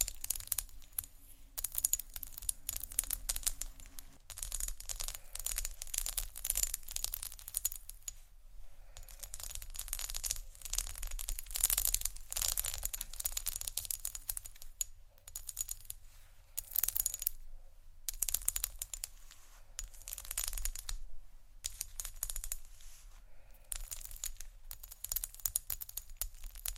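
Hard objects like stone, shell and glass scrape and tap across tiles in dense, gritty bursts that fill most of the clip. The scratching is bright and rough, broken by brief silences near 15, 18 and 21 seconds, with a low rumble underneath and a faint hum early on.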